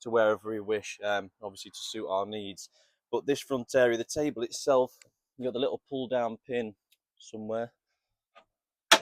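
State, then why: Released. Someone talks, then a small pull-down locking pin in the swivel mount under the dining table of a Burstner Lyseo T728 G motorhome is pulled down to release the table so it can swing around. A single sharp tick sounds at 8.9 s as the pin releases.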